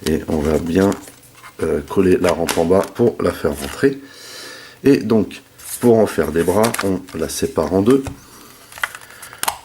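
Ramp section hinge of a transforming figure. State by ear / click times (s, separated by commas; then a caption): released / 8.8 s, 9.4 s. Someone talks while the plastic ramp section of an FT-20 Terminus Giganticus transforming figure is pushed into place and then split in two to form arms. The ramp hinge opens with sharp clicks at 8.8 s and 9.4 s: a good click, though it does not close very well.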